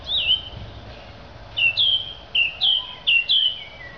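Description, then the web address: Song Thrush song: loud, clear, down-slurred whistles, repeated twice in quick succession several times, over a quiet, steady background. "Zingende lijster"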